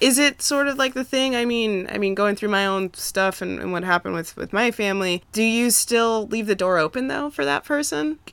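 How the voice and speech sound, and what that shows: A woman speaks fluently at a conversational pace, asking a question with natural rising and falling pitch and brief pauses. Voice is clear and steady, with only slight creak at phrase ends. Ordinary, normal speech.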